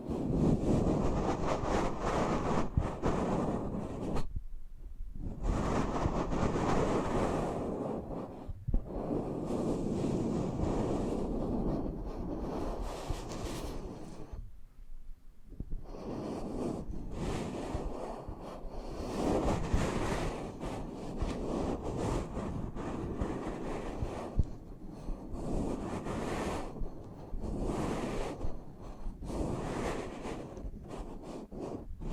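Muffled rubbing right against the microphone, a dense, low rumbling friction that fills the ear almost continuously. The motion surges and eases in uneven strokes, with brief near-silent breaks around five, nine and fifteen seconds before the rubbing resumes.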